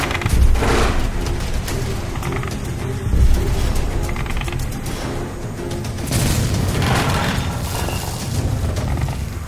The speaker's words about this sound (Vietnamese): Gần đây thôi, thỉnh thoảng đâu đây vẫn vọng về tiếng đạn nổ trong đêm.